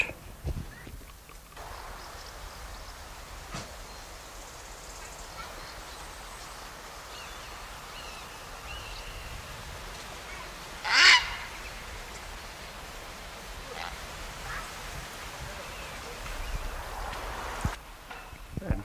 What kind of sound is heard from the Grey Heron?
flight call